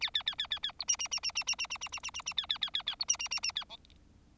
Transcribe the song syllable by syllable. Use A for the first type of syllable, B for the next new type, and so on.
A A A A A B C C C C C C C C C C C C C A A A A A B C C C C A D